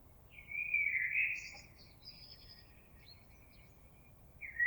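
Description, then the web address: Common blackbird song: a mellow warbled phrase trailing into faint high twitters, with the start of another phrase at the close. On 26 April 2022. "oiseaux Merle 2022 04 26"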